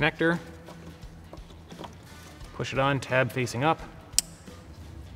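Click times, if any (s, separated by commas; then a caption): 4.2 s. Someone talks while the plastic wiring harness electrical connector is pushed, tab facing up, onto the EVAP purge valve of a 2004–2008 Ford F-150 with the 5.4L engine. A loud, sharp click comes at 4.2 s as the connector seats onto the valve.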